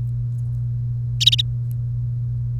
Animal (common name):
Domestic Canary